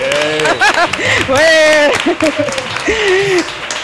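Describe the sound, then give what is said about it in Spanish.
Applause from an audience, a steady patter of clapping mixed with loud whoops and high, drawn-out cheering voices rising and falling over about four seconds. “Bon aplaudiment.”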